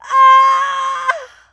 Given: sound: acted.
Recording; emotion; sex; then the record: nonverbal affect burst; pain; female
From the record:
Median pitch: 510 Hz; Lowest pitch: 49 Hz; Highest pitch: 689 Hz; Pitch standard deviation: 204 Hz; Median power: 75.1 dB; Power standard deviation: 14.2 dB